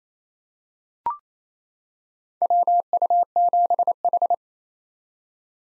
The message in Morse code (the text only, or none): WU7H